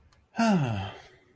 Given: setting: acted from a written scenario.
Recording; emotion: vocal sound without words; pride